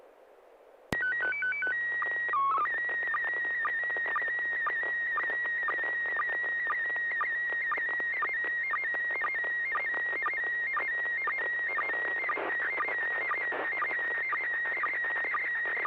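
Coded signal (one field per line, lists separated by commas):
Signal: SSTV (slow-scan television)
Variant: PD 120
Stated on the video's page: SSTV images exchanged on a weekly amateur net via an FM repeater on 441.300 MHz in Sacramento, sent with MMSSTV software.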